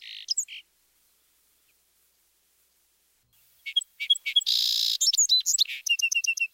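Song sparrow singing: a phrase ends, a pause follows, then a new song of crisp opening notes, a buzzy middle and a quick repeated trill.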